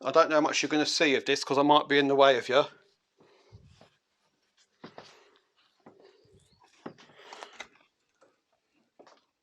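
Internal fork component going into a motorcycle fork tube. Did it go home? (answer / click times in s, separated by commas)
no / none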